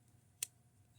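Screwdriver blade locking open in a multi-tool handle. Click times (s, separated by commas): 0.4 s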